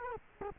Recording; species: mosquito wingbeat signal from an infrared sensor; Culex quinquefasciatus